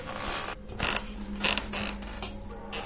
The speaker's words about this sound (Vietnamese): chỗ cái tủ quần áo của cô Thao, cánh cửa tủ gỗ khẽ từ từ mở ra, vang lên trong đêm khuya vắng